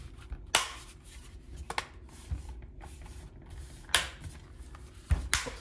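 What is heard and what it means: The plastic back shell of a handheld game console is pressed down onto its frame, and its edge clips snap home one after another with sharp clicks at 0.6, 4.0 and 5.3 seconds, with fainter ticks around 1.7–1.8 seconds. The shell goes into place all the way around and is fully seated, since having to force it would mean something is amiss.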